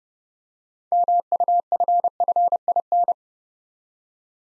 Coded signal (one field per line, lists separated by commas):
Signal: Morse code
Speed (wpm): 30 wpm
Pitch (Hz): 700 Hz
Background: none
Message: MUFFIN